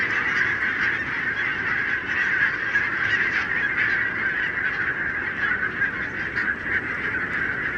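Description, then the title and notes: Barnacle goose: barnacle geese calling en masse, a constant blur of overlapping yaps with slight rises and falls in loudness. Flock of about 20,000 on wintering grounds in winter, Renesse, Netherlands, 12 January 2009; recorded with Nagra LB and Telinga P7. "Renesse - Pays-bas. 20 000 Bernache nonnette ( Branta leucopsis) en Hollande"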